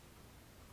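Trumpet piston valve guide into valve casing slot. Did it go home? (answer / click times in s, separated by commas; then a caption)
no / none. An oiled trumpet piston valve is handled going back into its valve casing, turned so its valve guide can find its slot. Only a steady, broadband hiss is heard, with no distinct sounds and no talk. The guide has not clicked into place and the valve has not seated yet.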